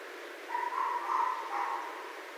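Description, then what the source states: Red fox call, a drawn-out hoarse tonal cry wavering around mid pitch for about a second and a half over steady background hiss. Recorded 31 December 2011.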